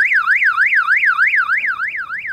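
A loud car alarm wails nonstop, its shrill electronic tone sweeping rapidly up and down in a steady, repeating whoop, about three cycles each second, with no voices over it.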